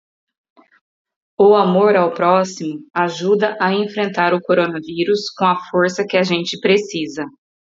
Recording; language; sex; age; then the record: spoken sentence; Brazilian Portuguese; female; 30 to 39 years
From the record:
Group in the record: control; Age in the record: 33 years